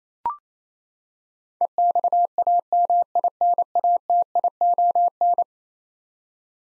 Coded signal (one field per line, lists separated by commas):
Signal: Morse code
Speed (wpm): 28 wpm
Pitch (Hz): 700 Hz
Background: none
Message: EXAMINATION